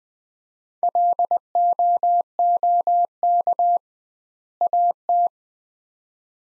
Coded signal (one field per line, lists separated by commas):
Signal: Morse code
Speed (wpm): 20 wpm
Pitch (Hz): 700 Hz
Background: none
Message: LOOK AT